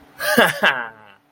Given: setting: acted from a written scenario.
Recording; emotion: vocal sound without words; contentment